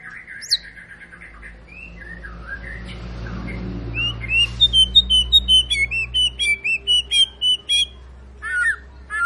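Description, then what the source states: White-rumped shama: songbird singing a long sequence of clear whistled notes, stepping up and down in a steady run, with a low background hum. Long lure recording of energetic shama song, played to prompt other birds to sing.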